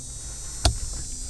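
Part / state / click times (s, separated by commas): dash camera cable connector into harness connector / seated / 0.7 s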